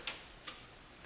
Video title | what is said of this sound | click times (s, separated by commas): How to Install Factory Cruise Control on 97-01 Jeep Cherokee XJ | right there it snaps on and you're | 0.1 s